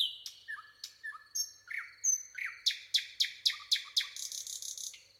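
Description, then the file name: Common nightingale song: varied whistled and slurred notes, followed by a fast series of loud, evenly repeated chips and a closing trill. "Luscinia megarhynchos"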